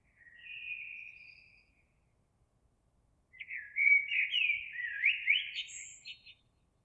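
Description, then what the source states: Eurasian blackbird singing a drawn-out fluted note, then after a pause a rich warbled phrase with rising and falling slurs and a thin high twitter at the end. Recorded 26 April 2022.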